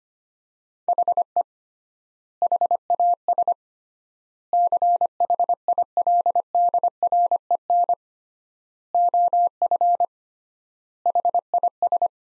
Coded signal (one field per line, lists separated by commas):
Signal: Morse code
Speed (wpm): 25 wpm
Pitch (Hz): 700 Hz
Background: none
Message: HE HAS CHILDREN OF HIS